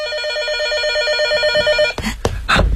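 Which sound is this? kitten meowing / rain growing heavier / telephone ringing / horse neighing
telephone ringing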